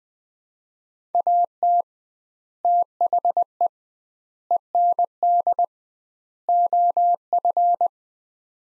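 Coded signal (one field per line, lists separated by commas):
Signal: Morse code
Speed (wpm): 20 wpm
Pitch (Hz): 700 Hz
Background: none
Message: AT THE END OF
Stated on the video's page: Head-copy drill of four-word sets at 20 wpm with 2x word spacing, a Farnsworth-like method; each set sent, spoken, then sent again.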